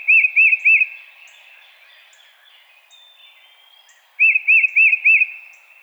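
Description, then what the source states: Tufted titmouse whistling a quick run of three arched notes, then after a pause a phrase of four. Recorded 22 March 2007.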